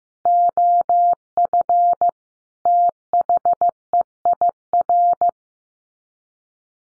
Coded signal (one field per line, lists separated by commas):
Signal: Morse code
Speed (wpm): 15 wpm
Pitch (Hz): 700 Hz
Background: none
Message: OF THEIR